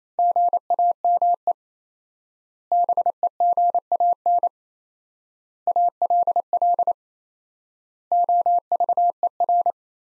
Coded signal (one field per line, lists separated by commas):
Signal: Morse code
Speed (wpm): 28 wpm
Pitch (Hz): 700 Hz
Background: none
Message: GAME BEGAN ALL OVER